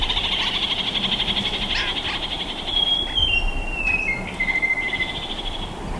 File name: yellow fronted parakeet